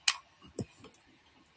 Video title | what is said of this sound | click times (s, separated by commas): DOLLAR STARTS + CUSTOM HUEFORGES FOR $20 | and it holds two of the plastic deli cups, and they snap right in. | 0.1 s